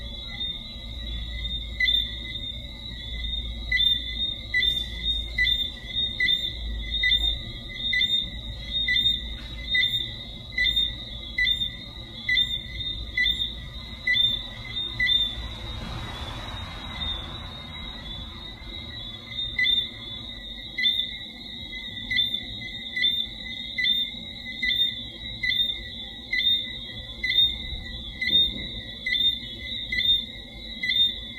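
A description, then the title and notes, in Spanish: Coquí frogs call in a steady, dense chorus, their bright two-note chirps repeating every half second or so throughout. Several frogs overlap at slightly different pitches. A low rumble sits underneath, with a brief rustling burst around the middle. Rana Coquí. Se puede escuchar con mayor frecuencia en el norte de Barranquilla. Grabación sonora y fotografía realizada por la comunicadora social y periodista Ema Maldonado Meza.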